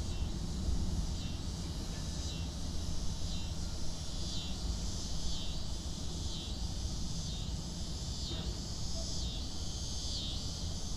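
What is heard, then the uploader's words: Cicadas drone high and bright in a parking lot, their buzz swelling and fading in rhythmic pulses about every second. Underneath, a steady low rumble of aircraft overhead holds constant throughout, keeping the overall level even. Overflow Parking Lot 1 at Charlotte Douglas International Airport.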